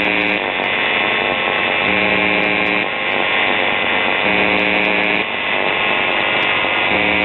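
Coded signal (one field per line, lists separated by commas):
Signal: channel marker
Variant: UVB-76 buzzer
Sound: continuous rasping buzz with a louder, deeper buzz pulse about every 2.4 seconds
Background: radio static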